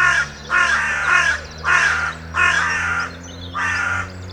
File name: Corvus corone